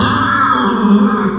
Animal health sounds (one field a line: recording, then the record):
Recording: squeal of a Yucatan mini pig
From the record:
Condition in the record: after surgery on the right vocal fold (resection and tissue-engineered implant)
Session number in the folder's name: 15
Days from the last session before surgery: 175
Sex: female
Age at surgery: 19 weeks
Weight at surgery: 25 kg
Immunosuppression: prednisolone